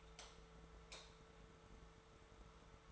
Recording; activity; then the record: daily activity, microphone in the room; light off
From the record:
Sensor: 3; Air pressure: 1014.5 hPa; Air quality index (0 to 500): 182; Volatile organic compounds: 19 ppm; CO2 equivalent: 2655 ppm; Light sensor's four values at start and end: 15/39/16/16 and 13/31/12/13